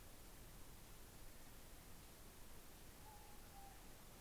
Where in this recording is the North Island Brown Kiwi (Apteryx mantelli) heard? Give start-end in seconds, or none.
none